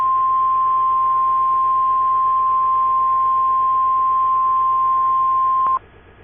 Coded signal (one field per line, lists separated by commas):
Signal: Emergency Alert System (SAME) tones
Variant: 1050 Hz attention tone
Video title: EAS Scenario - Political Riot (Michigan)